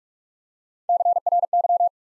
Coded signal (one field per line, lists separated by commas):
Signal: Morse code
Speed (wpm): 44 wpm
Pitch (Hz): 700 Hz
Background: none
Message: C R Y